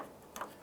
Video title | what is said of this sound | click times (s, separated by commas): How to Replace Inner Tail Light 2001-2005 Honda Civic | press that in. You get a click right there. | 0.4 s